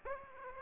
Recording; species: mosquito wingbeat signal from an infrared sensor; Aedes aegypti